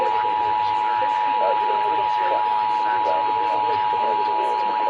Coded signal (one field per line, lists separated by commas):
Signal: Emergency Alert System (SAME) tones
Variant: 853 and 960 Hz attention tone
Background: speech